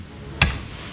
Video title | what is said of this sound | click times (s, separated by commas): #IdiotsGuide 🛩 Pt2 Rotax 912 Gearbox Drive Gear & Torque Wrench Issues REBUILD Sparkles v2.0 | It's reached its torque. Click. | 0.4 s